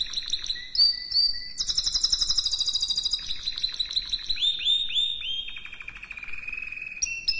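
Canary song: a fast run of varied high phrases, buzzy rolled trills switching to sweeping downslurred notes, then steadier whistled phrases.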